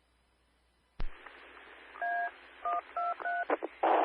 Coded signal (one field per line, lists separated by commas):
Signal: DTMF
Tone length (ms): 200 ms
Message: A123